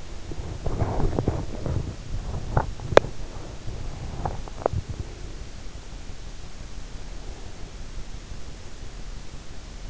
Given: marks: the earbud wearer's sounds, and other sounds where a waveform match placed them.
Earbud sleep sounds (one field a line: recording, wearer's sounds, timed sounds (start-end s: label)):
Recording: sounds in sleep by an in-ear microphone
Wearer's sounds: body movement, teeth grinding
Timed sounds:
0.00-1.91 s: body movement
2.31-3.40 s: teeth grinding
3.97-5.22 s: teeth grinding